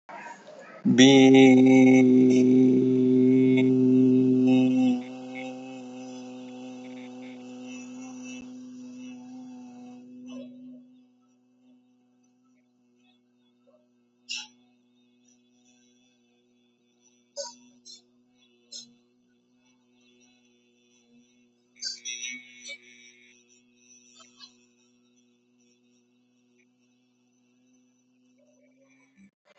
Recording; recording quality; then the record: sustained vowel as in beet; excellent, no background noise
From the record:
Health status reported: healthy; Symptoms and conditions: none ticked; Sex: male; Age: 59 years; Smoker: not ticked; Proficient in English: yes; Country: India